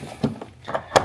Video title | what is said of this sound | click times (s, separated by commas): How to Install Carbon Center Section on BMW G90 G99 M5 - NWCarbon Haus | Push it in till it clicks and then lock. Click. | 1.0 s